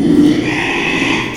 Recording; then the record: squeal of a Yucatan mini pig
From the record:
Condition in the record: after surgery on the right vocal fold (resection and tissue-engineered implant); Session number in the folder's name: 1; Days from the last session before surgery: 6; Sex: male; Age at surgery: 12 weeks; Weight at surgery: 13 kg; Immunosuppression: cyclosporine, prednisolone